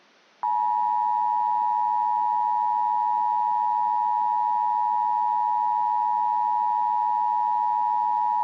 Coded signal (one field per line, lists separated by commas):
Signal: Emergency Alert System (SAME) tones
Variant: 853 and 960 Hz attention tone